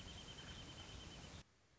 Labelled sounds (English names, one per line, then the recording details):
Wrentit
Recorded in Sonoma County, California